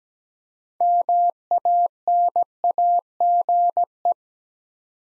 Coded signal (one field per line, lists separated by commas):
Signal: Morse code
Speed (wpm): 17 wpm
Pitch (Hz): 700 Hz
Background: none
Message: MANAGE